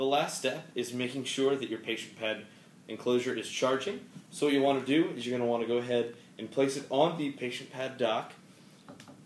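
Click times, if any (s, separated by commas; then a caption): 8.9 s, 9.0 s. Someone talks while an enclosed tablet, a patient pad in its enclosure, is placed on its patient pad charging dock and slid into the charging position. Two short clicks are heard at 8.9 s and 9.0 s as it clicks into place, confirming it is seated and charging.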